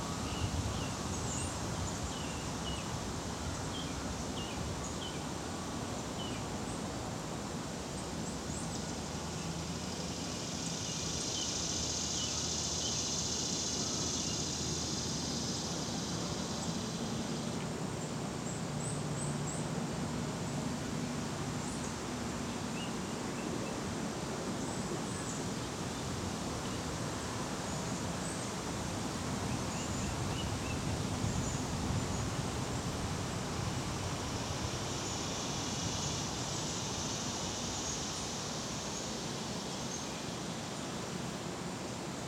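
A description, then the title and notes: Dusk outdoors in the Catskills: a steady, dense wash of rushing sound fills the whole clip with no pauses. High insect-like buzzing swells in from about 8 to 17 seconds and again from 33 to 40, with scattered faint chirps throughout. Catskills, Outdoor Dusk 3 by Bandeto.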